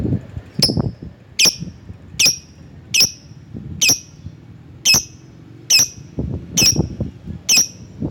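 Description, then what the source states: Lovebird calling with sharp, high, piercing chirps spaced a little under a second apart, with soft low rumbling in the background. Lovebird calling a rival.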